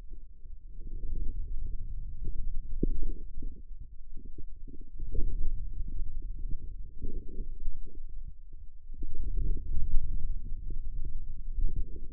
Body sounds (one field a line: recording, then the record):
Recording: forearm muscle sounds (acoustic myography)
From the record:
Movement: outward rotation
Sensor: system 2, bracelet of six BSWA MPA416 microphones around the upper forearm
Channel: 6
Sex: male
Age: 22 years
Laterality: right